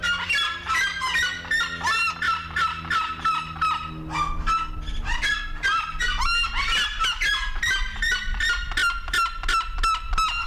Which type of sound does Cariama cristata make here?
call